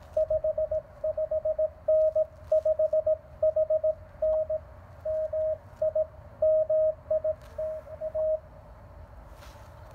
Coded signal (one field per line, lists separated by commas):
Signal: Morse code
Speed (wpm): 18 wpm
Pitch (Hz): 660 Hz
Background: radio noise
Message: 55N 5HN MI MI TA